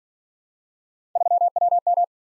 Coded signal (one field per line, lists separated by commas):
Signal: Morse code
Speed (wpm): 45 wpm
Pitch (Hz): 700 Hz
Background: none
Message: 3WM